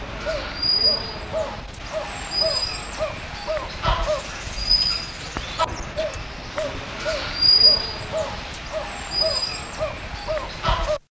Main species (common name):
Narina Trogon